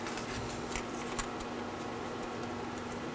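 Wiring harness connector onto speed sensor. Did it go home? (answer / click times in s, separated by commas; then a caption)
no / none. A wiring harness plug is handled at the new vehicle speed sensor's connector on a 2013–2019 Nissan Sentra 1.8L L4, ready to be pushed on until it latches. Brief, faint ticks at about 0.8 s, 1.2 s and 3.2 s sound over a steady low hum. Nothing has seated or clicked yet.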